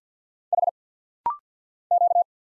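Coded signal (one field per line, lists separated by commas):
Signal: Morse code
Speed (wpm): 50 wpm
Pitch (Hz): 700 Hz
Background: none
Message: H Q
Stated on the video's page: Rapid-fire single-letter instant character recognition drill at 50 wpm, each letter sent in Morse, spoken, then sent again.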